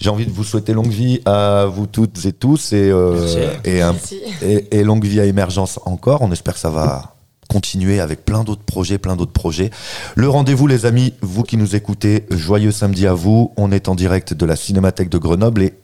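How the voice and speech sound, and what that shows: A man speaks French clearly and fluently in a low, steady voice, with ordinary pauses, as a live radio host: typical speech.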